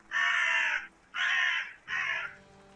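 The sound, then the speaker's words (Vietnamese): A black crow taking off into the sky caws three times, each call a long, harsh, drawn-out cry with short pauses between, the last slightly weaker than the first two. “Cổ họng nó cất ra ba tiếng gào ai oán.”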